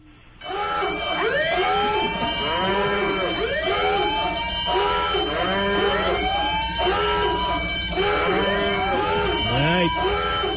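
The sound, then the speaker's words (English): Several cows moo over one another in a loud, continuous chorus, each call a long, drawn-out bellow that bends up and down in pitch and keeps repeating throughout. “Is that a cow in there?”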